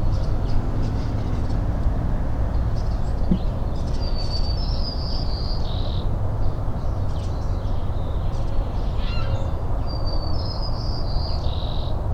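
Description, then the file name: Birds singing faintly, two short high warbled phrases a few seconds apart, set against a steady hiss of noise. Morning birdsong during rain in Richland, Washington, recorded 17 April 2008. "20080417-Morning Birds and Rain Richland WA"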